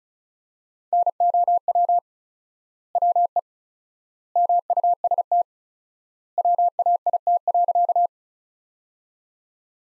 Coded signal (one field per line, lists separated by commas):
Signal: Morse code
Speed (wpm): 36 wpm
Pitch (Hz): 700 Hz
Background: none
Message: NOW WE MUST WAIT.